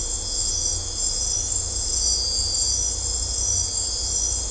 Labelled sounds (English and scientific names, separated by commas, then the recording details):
none
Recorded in dense forest near Puerto Asís, Putumayo, Colombia, on 16 December 2024 at 23:00
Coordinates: 0.503, -76.323
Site G043